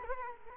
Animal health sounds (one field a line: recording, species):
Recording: mosquito wingbeat signal from an infrared sensor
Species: Culex quinquefasciatus